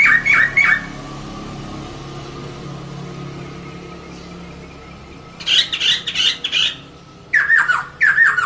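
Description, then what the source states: Laughingthrush song: bursts of harsh, squawking chatter alternate with rising and falling whistled phrases, separated by quiet gaps, over a faint low hum. Long rolling song (ngeroll panjang); recording meant for training cage birds.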